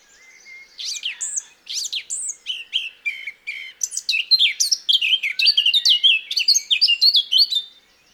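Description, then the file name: Eurasian blackcap song: a few sweeping high whistles open, followed by a long, quickening stream of bright, varied notes delivered almost without pause. "Sylvia atricapilla"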